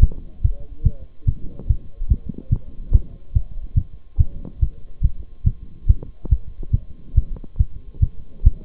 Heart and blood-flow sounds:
heart sounds by stethoscope; between the tricuspid and mitral areas; 142 bpm
0.02 s: heartbeat
0.44 s: heartbeat
0.85 s: heartbeat
1.28 s: heartbeat
1.69 s: heartbeat
2.10 s: heartbeat
2.52 s: heartbeat
2.94 s: heartbeat
3.35 s: heartbeat
3.77 s: heartbeat
4.19 s: heartbeat
4.62 s: heartbeat
5.03 s: heartbeat
5.46 s: heartbeat
5.89 s: heartbeat
6.31 s: heartbeat
6.73 s: heartbeat
7.17 s: heartbeat
7.59 s: heartbeat
8.02 s: heartbeat
8.46 s: heartbeat
From the record:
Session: Bruce protocol treadmill stress test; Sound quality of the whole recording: partially saturated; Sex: male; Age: 23 years

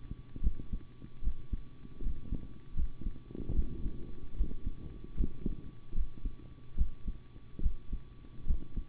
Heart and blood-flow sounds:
heart sounds by stethoscope; between the tricuspid and mitral areas; 75 bpm
0.41 s: heartbeat
1.22 s: heartbeat
2.01 s: heartbeat
2.75 s: heartbeat
3.54 s: heartbeat
4.35 s: heartbeat
5.15 s: heartbeat
5.94 s: heartbeat
6.76 s: heartbeat
7.61 s: heartbeat
8.45 s: heartbeat
From the record:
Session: rest, sitting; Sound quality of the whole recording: good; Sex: male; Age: 25 years

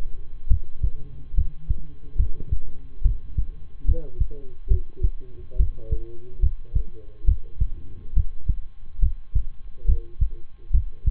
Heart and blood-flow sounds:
heart sounds by stethoscope; between the tricuspid and mitral areas; 70 bpm
0.47 s: heartbeat
1.34 s: heartbeat
2.16 s: heartbeat
3.02 s: heartbeat
3.85 s: heartbeat
4.67 s: heartbeat
5.56 s: heartbeat
6.39 s: heartbeat
7.24 s: heartbeat
8.13 s: heartbeat
8.99 s: heartbeat
9.85 s: heartbeat
10.70 s: heartbeat
From the record:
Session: rest, lying down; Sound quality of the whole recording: good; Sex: male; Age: 23 years

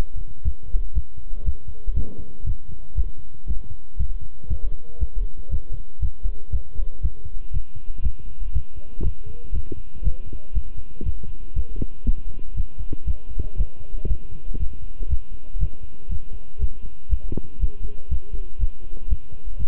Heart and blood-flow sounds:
heart sounds by stethoscope; between the tricuspid and mitral areas; 119 bpm
0.45 s: heartbeat
0.95 s: heartbeat
1.45 s: heartbeat
1.96 s: heartbeat
2.46 s: heartbeat
2.97 s: heartbeat
3.48 s: heartbeat
3.99 s: heartbeat
4.50 s: heartbeat
5.00 s: heartbeat
5.51 s: heartbeat
6.02 s: heartbeat
6.52 s: heartbeat
7.03 s: heartbeat
7.53 s: heartbeat
8.03 s: heartbeat
8.54 s: heartbeat
9.04 s: heartbeat
9.54 s: heartbeat
10.04 s: heartbeat
10.55 s: heartbeat
11.05 s: heartbeat
11.56 s: heartbeat
12.06 s: heartbeat
12.56 s: heartbeat
13.07 s: heartbeat
13.58 s: heartbeat
14.09 s: heartbeat
14.59 s: heartbeat
15.10 s: heartbeat
15.60 s: heartbeat
16.10 s: heartbeat
16.60 s: heartbeat
17.10 s: heartbeat
17.61 s: heartbeat
18.11 s: heartbeat
18.60 s: heartbeat
19.10 s: heartbeat
19.59 s: heartbeat
From the record:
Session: walking at 3.7 km/h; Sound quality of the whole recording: good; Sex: male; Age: 25 years

